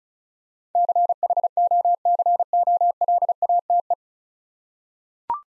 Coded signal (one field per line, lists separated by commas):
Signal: Morse code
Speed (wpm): 36 wpm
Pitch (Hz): 700 Hz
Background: none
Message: CHOCOLATE